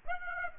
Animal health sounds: mosquito wingbeat signal from an infrared sensor; Aedes aegypti

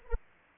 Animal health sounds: mosquito wingbeat signal from an infrared sensor; Anopheles arabiensis

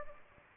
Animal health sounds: mosquito wingbeat signal from an infrared sensor; Aedes aegypti

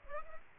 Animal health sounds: mosquito wingbeat signal from an infrared sensor; Aedes aegypti

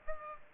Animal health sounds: mosquito wingbeat signal from an infrared sensor; Aedes aegypti

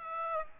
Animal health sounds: mosquito wingbeat signal from an infrared sensor; Aedes aegypti

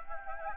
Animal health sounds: mosquito wingbeat signal from an infrared sensor; Anopheles gambiae

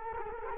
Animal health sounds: mosquito wingbeat signal from an infrared sensor; Culex quinquefasciatus

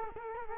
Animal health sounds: mosquito wingbeat signal from an infrared sensor; Culex quinquefasciatus

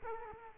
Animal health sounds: mosquito wingbeat signal from an infrared sensor; Culex quinquefasciatus

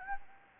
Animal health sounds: mosquito wingbeat signal from an infrared sensor; Anopheles gambiae

